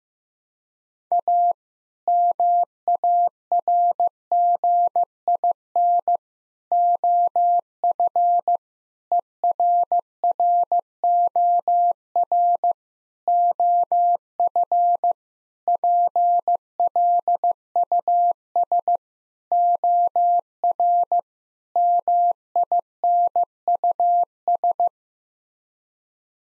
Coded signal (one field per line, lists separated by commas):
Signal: Morse code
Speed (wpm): 15 wpm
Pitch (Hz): 700 Hz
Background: none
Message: A MARGIN OF ERROR OF PLUS OR MINUS